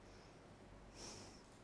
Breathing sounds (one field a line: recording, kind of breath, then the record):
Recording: one breath in and out by a microphone near the nose and mouth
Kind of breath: normal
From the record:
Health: marked as sick, illness not named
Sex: female